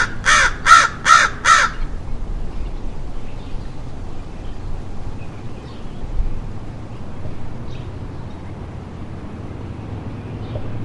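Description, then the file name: American crow uttering four rapid, evenly spaced hoarse caws at the start, then quiet background noise. "American Crow Corvus brachyrhynchos"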